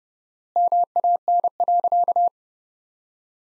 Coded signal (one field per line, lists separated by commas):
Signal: Morse code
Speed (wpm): 32 wpm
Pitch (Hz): 700 Hz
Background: none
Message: MAN.